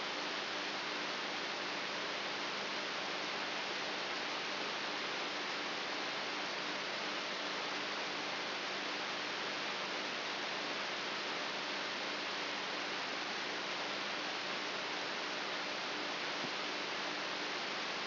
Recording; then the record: brain microelectrode recording played as sound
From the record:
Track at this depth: inside the subthalamic nucleus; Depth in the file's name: 4.64 mm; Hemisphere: right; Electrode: 3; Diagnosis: Parkinson's disease